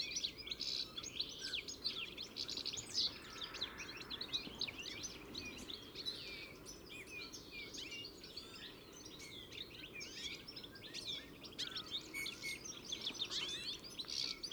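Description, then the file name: European goldfinch calls: many overlapping bright, tinkling twitters forming a busy chatter over a soft low rumble. "Carduelis carduelis"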